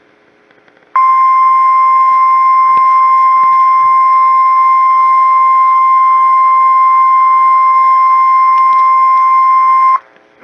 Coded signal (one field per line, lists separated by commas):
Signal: Emergency Alert System (SAME) tones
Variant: 1050 Hz attention tone